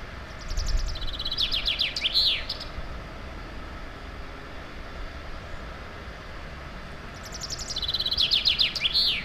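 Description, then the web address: Songbird giving two bursts of high, rapid trilled song with a descending jingling ending, several seconds apart, over constant low traffic rumble. Native woodland bird recorded in April. "wald vogel april vogel heimisch"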